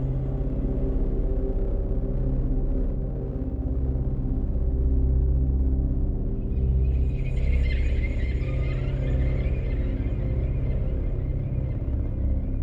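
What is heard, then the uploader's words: A distant planet ambience built on a dense, steady low rumble with layered droning tones that hold throughout. Around the seventh second a brighter, shimmering whine rises above the drone and lingers to the end, while the loudness stays nearly constant. Distant Planet Ambience.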